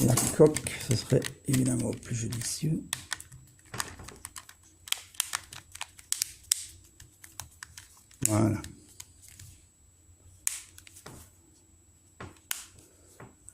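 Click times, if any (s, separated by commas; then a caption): 10.5 s, 12.5 s. A protective shell case is fitted onto a smartphone and pressed around its edges while someone talks. Sharp snaps are heard as the case clips on at about 10.5 s and 12.5 s. The case ends up properly seated.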